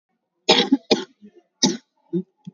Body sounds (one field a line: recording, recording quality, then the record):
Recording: shallow voluntary cough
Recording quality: excellent, no background noise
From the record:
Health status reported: COVID-19 positive, moderate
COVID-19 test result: positive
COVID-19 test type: RT-PCR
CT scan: taken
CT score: 9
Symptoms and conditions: cough, cold, fever, muscle pain, loss of smell and taste, diarrhoea, hypertension, diabetes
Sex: female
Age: 57 years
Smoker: no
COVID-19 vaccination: none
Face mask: worn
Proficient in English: no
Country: India